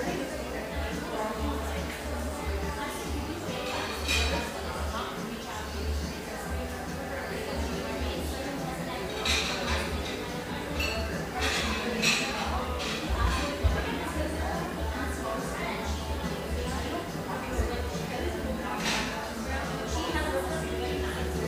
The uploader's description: the gentle hum of a wonderful neighborhood espresso shop, tucked away in a corner of the iconic coffee town of Portland, Oregon